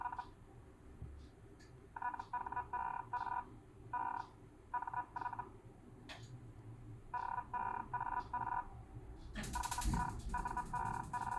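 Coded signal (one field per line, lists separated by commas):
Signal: Hellschreiber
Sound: bursts of buzzy multi-tone chirps in groups, like typed characters, with short pauses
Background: room noise, a knock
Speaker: then I should be able to generate chirping sounds that should transmit properly images.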